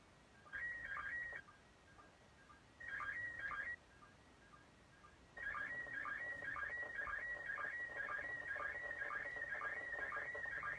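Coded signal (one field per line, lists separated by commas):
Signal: SSTV (slow-scan television)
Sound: two short warbling tone bursts, then continuous warbling whistle with rhythmic low chirps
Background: radio static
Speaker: a été redressée automatiquement par le programme là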